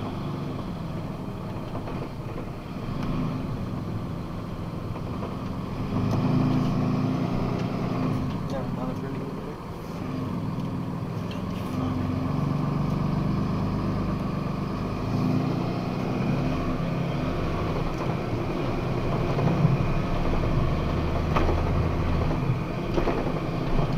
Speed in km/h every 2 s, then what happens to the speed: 19, 17, 15, 14, 10, 11, 11, 14, 22, 27, 31, 34.
0-8 slows to 10. 12-24 speeds up to 34.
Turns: 8-14.